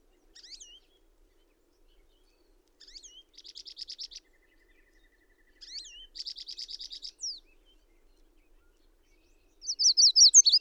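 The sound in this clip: Bird song: a few high slurred notes, then two phrases of slurred notes each followed by a rapid buzzy trill, ending in loud high sharp twittering.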